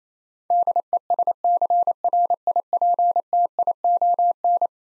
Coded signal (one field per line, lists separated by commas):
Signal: Morse code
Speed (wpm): 28 wpm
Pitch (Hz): 700 Hz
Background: none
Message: DESCRIPTION